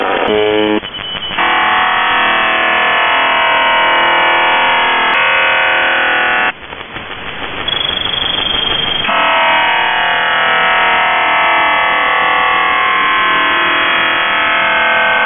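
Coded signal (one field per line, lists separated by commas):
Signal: channel marker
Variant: UVB-76 (The Buzzer)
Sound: continuous harsh buzzing drone with abrupt tone shifts and a rougher, noisier stretch midway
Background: radio static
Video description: "The Buzzer" is a Russian military radiostation that broadcasts on 4625 kHz.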